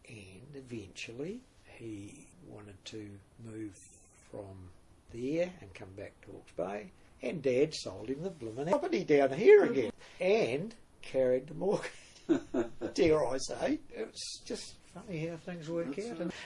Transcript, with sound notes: And eventually he wanted to move from there and come back to Hawke’s Bay, and Dad sold him the blimmin’ property down here again – yeah! And carried the mortgage, [chuckle] dare I say. It’s just funny how things work out.